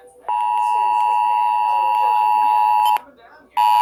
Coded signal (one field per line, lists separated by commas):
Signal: Emergency Alert System (SAME) tones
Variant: 853 and 960 Hz attention tone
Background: speech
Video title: AND THERE YOU HAVE IT... Severe Thunderstorm Warning (3-7-22) (EAS #181-186)